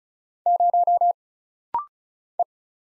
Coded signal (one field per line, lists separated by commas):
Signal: Morse code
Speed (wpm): 36 wpm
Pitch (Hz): 700 Hz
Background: none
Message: 0 E